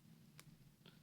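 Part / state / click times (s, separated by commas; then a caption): accessory piece on an action figure / seated / 0.4 s. An accessory piece for a metal and plastic Metal Robot Spirits Destiny Gundam collectible robot figure is lowered into position and clicks into place, seating with a short, sharp tick at 0.4 s. A softer tick follows at 0.9 s over a steady low hum.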